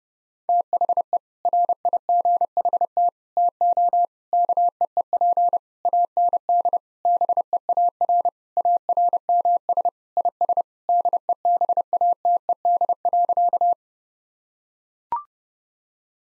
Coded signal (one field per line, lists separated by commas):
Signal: Morse code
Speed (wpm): 30 wpm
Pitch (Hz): 700 Hz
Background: none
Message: THE RIGHT TO KEEP AND BEAR ARMS IS DEBATED.